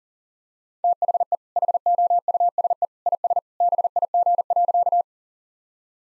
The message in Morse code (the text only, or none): THE HOUSE IS BIG.